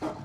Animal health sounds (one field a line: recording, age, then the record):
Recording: pig call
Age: growing-finishing pig (85 days or more)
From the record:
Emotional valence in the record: positive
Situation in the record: run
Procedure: transit